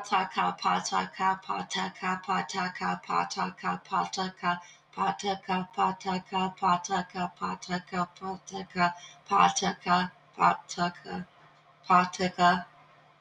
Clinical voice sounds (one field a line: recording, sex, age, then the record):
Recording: repeated syllables /pa ta ka/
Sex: female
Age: 40 to 49 years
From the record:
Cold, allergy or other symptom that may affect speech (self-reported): no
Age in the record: 46 years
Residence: Michigan, United States